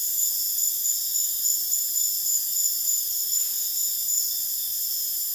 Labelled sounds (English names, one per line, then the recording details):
none
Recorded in dense forest near Puerto Asís, Putumayo, Colombia, on 22 June 2025 at 20:00
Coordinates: 0.484, -76.325
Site H65